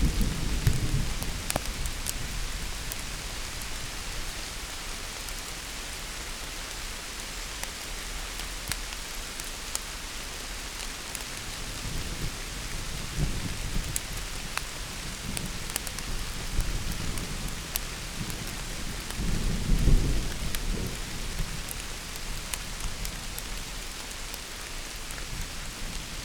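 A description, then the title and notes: Steady rain falls in a thunderstorm, a dense hiss with sharp drips and taps scattered throughout. Low rumbling swells build from around twelve seconds, with the strongest roll of thunder near twenty seconds before easing back under the rain. Thunderstorm, Abney Park Cemetery, London, UK. Caught in a thunderstorm on a hot London day in Abney Park cemetery.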